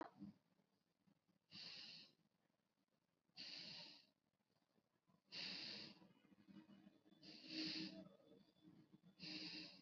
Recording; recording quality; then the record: shallow breathing; moderate, slight background noise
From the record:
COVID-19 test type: RT-PCR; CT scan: not taken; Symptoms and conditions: hypertension, diabetes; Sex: male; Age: 65 years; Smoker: yes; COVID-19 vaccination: both doses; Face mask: worn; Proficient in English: yes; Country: India